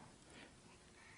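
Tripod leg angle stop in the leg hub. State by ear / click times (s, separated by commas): not seated / none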